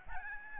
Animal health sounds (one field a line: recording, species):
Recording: mosquito wingbeat signal from an infrared sensor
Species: Aedes albopictus